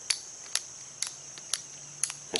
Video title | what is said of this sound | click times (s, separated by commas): EDC Belt that doubles as a TOURNIQUET ! | can hear to click you'll start ratcheting it down so the bleeding stops and or | 0.1 s, 0.6 s, 1.0 s, 1.5 s, 2.0 s, 2.4 s